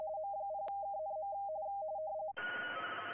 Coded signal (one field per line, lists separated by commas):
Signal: RTTY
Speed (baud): 45.45 baud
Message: M0KNM